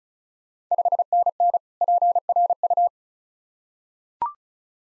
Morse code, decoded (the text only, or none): 5NN PRU